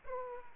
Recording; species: mosquito wingbeat signal from an infrared sensor; Aedes aegypti